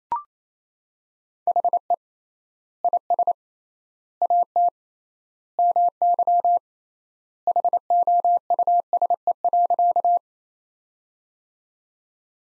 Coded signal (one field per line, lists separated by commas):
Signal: Morse code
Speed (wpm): 28 wpm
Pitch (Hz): 700 Hz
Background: none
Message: HE IS AT MY HOUSE.